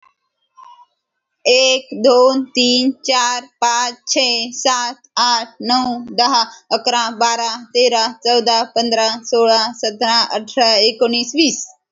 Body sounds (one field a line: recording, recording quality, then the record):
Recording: counting at a fast pace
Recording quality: excellent, no background noise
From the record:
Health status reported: healthy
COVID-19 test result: negative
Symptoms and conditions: cough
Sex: female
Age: 29 years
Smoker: not ticked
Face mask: not worn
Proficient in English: yes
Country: India